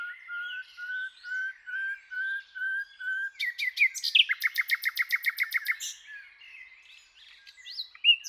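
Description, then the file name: Common nightingale giving a row of slow, pure whistled notes, then bursting into a loud rapid rattling trill and short twittered phrases. "Luscinia megarhynchos"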